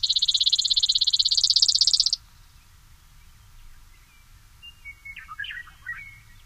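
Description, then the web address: Brewer's sparrow singing a dry, high buzzing trill for about two seconds, then quiet with a few faint, thin chirps. Common species of western North America. "Songs of Birds of North America Know Your Bird Sounds Common Western Species. Brewers Sparrow"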